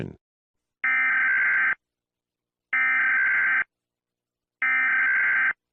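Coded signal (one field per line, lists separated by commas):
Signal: Emergency Alert System (SAME) tones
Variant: header bursts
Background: speech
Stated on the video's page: Fictional, mock EAS scenario.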